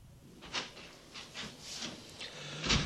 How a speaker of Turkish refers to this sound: Sokak kapısı mı açılıp kapandı? Evet.